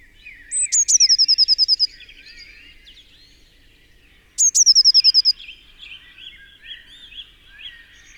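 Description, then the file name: Eurasian blue tit gives two clear trills, each a piercing note then a quick ringing series, with quieter warbling from other birds filling the gaps. "Cyanistes caeruleus"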